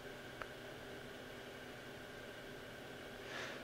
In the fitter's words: the drive and click it into place.